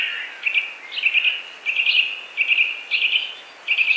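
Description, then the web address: Eurasian nuthatch calling with short whistled notes repeated in quick succession, over a noticeable background hiss. "soud popolzen"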